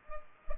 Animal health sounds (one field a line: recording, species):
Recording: mosquito wingbeat signal from an infrared sensor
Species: Culex pipiens